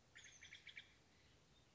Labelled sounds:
Oak Titmouse
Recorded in Sonoma County, California

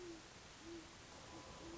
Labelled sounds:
Great Horned Owl
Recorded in Sonoma County, California

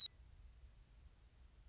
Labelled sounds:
Western Meadowlark
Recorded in Sonoma County, California

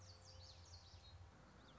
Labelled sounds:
Common Yellowthroat
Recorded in Sonoma County, California

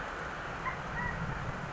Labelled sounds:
California Quail
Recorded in Sonoma County, California

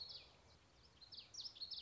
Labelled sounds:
Common Yellowthroat
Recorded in Sonoma County, California

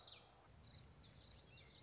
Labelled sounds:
Common Yellowthroat
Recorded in Sonoma County, California

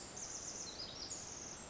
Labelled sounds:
Pacific Wren
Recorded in Sonoma County, California

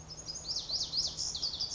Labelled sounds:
Lazuli Bunting
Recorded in Sonoma County, California

